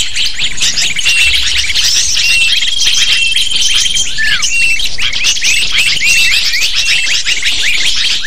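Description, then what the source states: Lovebirds chattering, high piercing chirps stacked densely over each other, with a couple of sustained thin whistles early on. Lure used to attract lovebirds.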